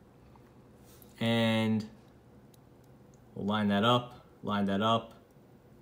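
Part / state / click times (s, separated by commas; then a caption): ink converter into fountain pen grip section / not seated / none. A Lamy fountain pen ink converter is lined up with the pen's grip section while someone talks, with only a few faint, soft ticks of handling between the words. Nothing has seated or clicked yet; the converter is not yet home in the grip section when the clip ends.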